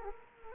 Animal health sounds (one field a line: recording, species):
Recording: mosquito wingbeat signal from an infrared sensor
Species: Culex quinquefasciatus